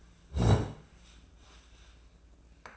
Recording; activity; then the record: daily activity, microphone in the room; sit down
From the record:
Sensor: 2